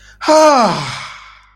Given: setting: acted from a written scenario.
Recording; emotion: vocal sound without words; pain